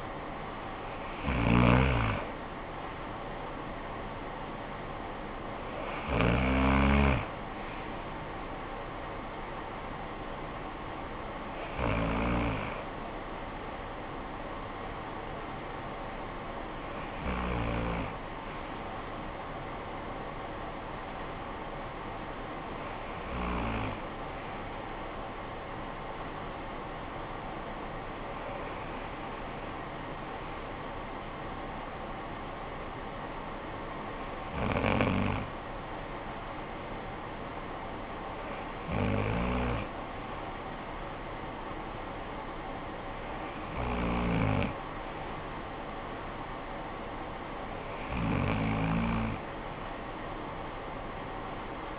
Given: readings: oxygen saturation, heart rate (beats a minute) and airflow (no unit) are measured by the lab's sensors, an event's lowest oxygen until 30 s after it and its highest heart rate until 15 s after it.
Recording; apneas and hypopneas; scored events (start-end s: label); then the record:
breathing in sleep by a voice recorder at the bedside; none
31.00-51.99 s: new sleep stage, N2 (light sleep)
From the record:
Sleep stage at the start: N1 (lightest sleep); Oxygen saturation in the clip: 91 to 95%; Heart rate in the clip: 48 to 53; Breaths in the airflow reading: 10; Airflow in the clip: -12.3 to 9.0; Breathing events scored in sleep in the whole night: 445 in 7.6 hours asleep